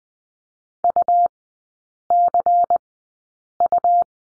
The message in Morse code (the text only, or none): UCU